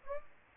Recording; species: mosquito wingbeat signal from an infrared sensor; Aedes aegypti